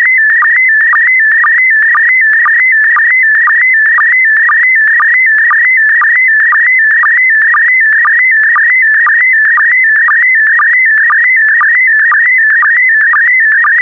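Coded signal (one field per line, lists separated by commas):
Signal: SSTV (slow-scan television)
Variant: PD120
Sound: steady warbling tone shifting pitch, with a short low blip about twice a second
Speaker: complete. You can now check your decoded image against the picture that is shown on the video.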